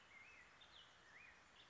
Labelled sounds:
Black-headed Grosbeak (Pheucticus melanocephalus)
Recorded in Sonoma County, California

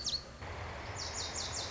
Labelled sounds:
Lazuli Bunting (Passerina amoena)
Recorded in Sonoma County, California

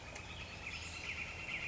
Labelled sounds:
Northern Flicker (Colaptes auratus)
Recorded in Sonoma County, California

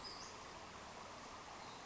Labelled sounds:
Western Flycatcher (Empidonax difficilis)
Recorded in Sonoma County, California

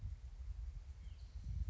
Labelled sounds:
Spotted Towhee (Pipilo maculatus)
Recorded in Sonoma County, California

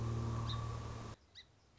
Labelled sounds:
Song Sparrow (Melospiza melodia)
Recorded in Sonoma County, California

